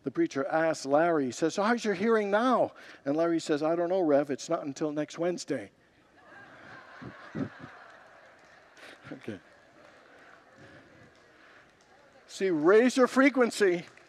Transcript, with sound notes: the preacher asks Larry, “So how’s your hearing now?” And Larry says, “I don’t know, Rev; it’s not until next Wednesday.” [Congregants laugh] Okay. See, raise your frequency,